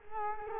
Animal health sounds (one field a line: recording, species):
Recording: mosquito wingbeat signal from an infrared sensor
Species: Culex quinquefasciatus